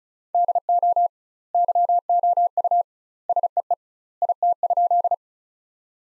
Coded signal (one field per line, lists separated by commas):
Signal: Morse code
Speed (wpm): 35 wpm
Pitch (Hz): 700 Hz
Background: none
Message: DO YOU SEE IT?